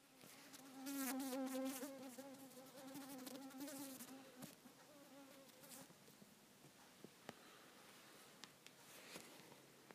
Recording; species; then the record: mosquito flight sound by mobile phone; Culiseta incidens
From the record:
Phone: not stated